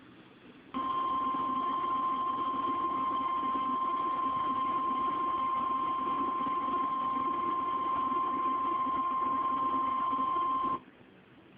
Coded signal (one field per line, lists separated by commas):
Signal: Emergency Alert System (SAME) tones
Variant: 1050 Hz attention tone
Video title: my EAS alerts from #3 to #11 Severe Thunderstorm Warning